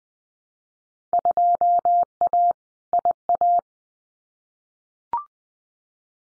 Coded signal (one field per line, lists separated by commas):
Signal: Morse code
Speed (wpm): 20 wpm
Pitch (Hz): 700 Hz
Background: none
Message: 2A IA